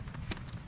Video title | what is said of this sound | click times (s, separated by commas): Sewer Spot Repair - Plumbing Vlog for Apprentices | wrench, which once you hear a click, you know you've hit the 60 pounds of torque. | 0.3 s